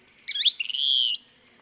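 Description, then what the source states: Kingbird call: a quick chattering flourish that runs into one sustained, buzzy, high-pitched note lasting under a second, with quiet background. Robin-sized flycatchers that pluck insects from the air; in Arizona, Cassin's and thick-billed kingbirds steal cicadas from cicada killer wasps.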